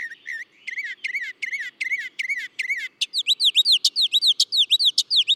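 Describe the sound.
Northern mockingbird singing repeated phrases: a series of identical chirped notes, then a switch to a faster, higher run of sharp downslurred notes.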